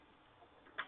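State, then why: Seated. A 3D-printed twist-lock on a tool changer is rotated onto the tool plate, catching during lockup before it snaps into place. After a quiet stretch of faint rustling, a single sharp tick sounds at 0.8 s as the lock finishes its rotation and locks in, seated.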